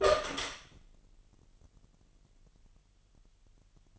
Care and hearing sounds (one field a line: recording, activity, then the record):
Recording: daily activity, microphone in the room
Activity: open door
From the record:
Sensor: 4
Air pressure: 999.2 hPa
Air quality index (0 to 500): 114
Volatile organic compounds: 2 ppm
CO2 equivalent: 1125 ppm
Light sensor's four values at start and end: 13/31/12/13 and 13/32/12/14